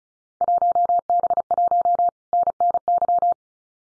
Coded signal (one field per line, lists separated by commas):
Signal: Morse code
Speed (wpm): 36 wpm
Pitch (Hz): 700 Hz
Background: none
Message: 1B1 NNY